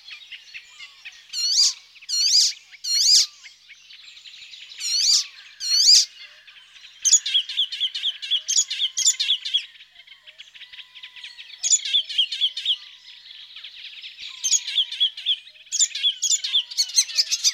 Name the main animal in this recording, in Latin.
Hippolais icterina